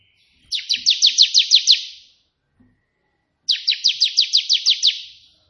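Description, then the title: Prinia song: two bursts of several fast, evenly spaced notes, buzzy and bright, separated by a pause of over a second. Three song variations of a white prenjak, intended as tutoring material for pet prenjak birds. "Prenjak 3 VARIASI TEMBAKAN prenjak putih ini COCOK untuk masteran prenjak anda"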